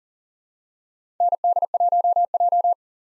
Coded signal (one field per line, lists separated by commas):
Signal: Morse code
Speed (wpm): 40 wpm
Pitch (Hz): 700 Hz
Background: none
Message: ND1J